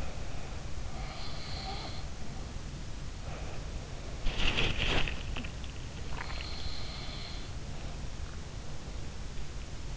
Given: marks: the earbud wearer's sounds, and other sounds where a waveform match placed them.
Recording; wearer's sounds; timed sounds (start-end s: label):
sounds in sleep by an in-ear microphone; breath, body movement, swallowing
0.00-0.78 s: breath
0.88-2.60 s: sound from someone else or the room
3.24-5.58 s: body movement
6.08-7.35 s: breath
6.15-6.34 s: swallowing